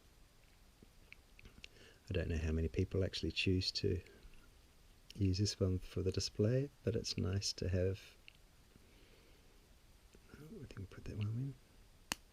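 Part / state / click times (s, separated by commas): plastic accessory piece into action figure/display part / seated / 12.1 s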